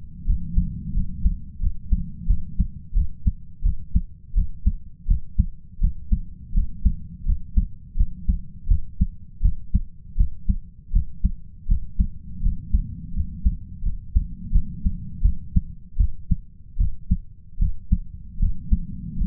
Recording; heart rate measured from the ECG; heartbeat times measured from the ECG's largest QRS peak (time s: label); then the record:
heart sounds by stethoscope; 82 bpm
0.26 s: heartbeat
0.94 s: heartbeat
1.60 s: heartbeat
2.27 s: heartbeat
2.94 s: heartbeat
3.63 s: heartbeat
4.34 s: heartbeat
5.07 s: heartbeat
5.80 s: heartbeat
6.53 s: heartbeat
7.25 s: heartbeat
7.96 s: heartbeat
8.68 s: heartbeat
9.41 s: heartbeat
10.16 s: heartbeat
10.92 s: heartbeat
11.67 s: heartbeat
12.42 s: heartbeat
13.13 s: heartbeat
13.83 s: heartbeat
14.52 s: heartbeat
15.22 s: heartbeat
15.97 s: heartbeat
16.77 s: heartbeat
17.58 s: heartbeat
18.39 s: heartbeat
19.17 s: heartbeat
From the record:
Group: healthy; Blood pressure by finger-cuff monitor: 114/69 mmHg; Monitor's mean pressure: 82 mmHg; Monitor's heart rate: 83 bpm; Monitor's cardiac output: 7.7 L/min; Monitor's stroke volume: 93 mL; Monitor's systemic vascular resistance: 770 dyn s/cm5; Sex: male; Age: 33 years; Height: 179 cm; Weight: 80.4 kg